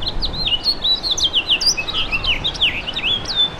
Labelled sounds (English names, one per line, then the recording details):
House Finch song
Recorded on Long Island, New York, on 2 June 2012
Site CP
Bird B